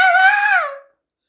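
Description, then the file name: Sheep bleat: one clear, tonal cry just under a second long, slightly wavering, then dropping in pitch as it fades, followed by silence. "Schaf"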